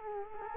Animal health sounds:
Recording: mosquito wingbeat signal from an infrared sensor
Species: Culex quinquefasciatus

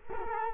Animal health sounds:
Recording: mosquito wingbeat signal from an infrared sensor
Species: Culex quinquefasciatus

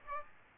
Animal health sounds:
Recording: mosquito wingbeat signal from an infrared sensor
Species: Aedes aegypti

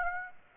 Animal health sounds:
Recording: mosquito wingbeat signal from an infrared sensor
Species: Aedes aegypti

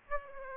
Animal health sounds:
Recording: mosquito wingbeat signal from an infrared sensor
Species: Aedes aegypti

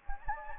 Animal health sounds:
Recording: mosquito wingbeat signal from an infrared sensor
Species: Anopheles gambiae

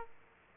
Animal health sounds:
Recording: mosquito wingbeat signal from an infrared sensor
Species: Aedes aegypti

